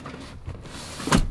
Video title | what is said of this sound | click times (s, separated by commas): Range Rover Sport HSE 2.7 TDV6 SUV look round | push that down, and that locks in place. | 1.1 s